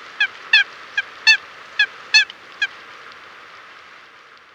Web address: common coot calls